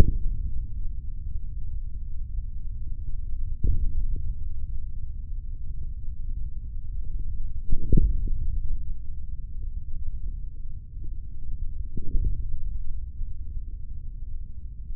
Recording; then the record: forearm muscle sounds (acoustic myography)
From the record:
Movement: hand opening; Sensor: system 3, bracelet of six PUI Audio POM-2738L microphones around the upper forearm, with dedicated amplification and filtering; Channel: 1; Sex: male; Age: 43 years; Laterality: right